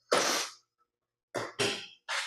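A 12.9-inch iPad Pro is lined up with the camera bump cutout and pressed into a keyboard case shell. Short broadband bursts of handling noise are heard, with a sharp snap at 1.6 s as the tablet clicks into place and seats in the case.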